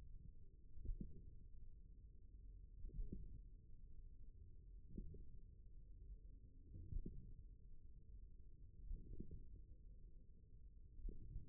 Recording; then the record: forearm muscle sounds (acoustic myography)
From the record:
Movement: wrist extension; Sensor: system 1, eight BSWA MPA416 microphones around the upper forearm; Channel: 2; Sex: male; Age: 41 years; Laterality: right